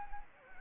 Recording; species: mosquito wingbeat signal from an infrared sensor; Anopheles gambiae